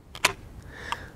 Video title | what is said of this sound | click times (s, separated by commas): Comp-Tac International Holster Review | really nice click that seats into position there | 0.2 s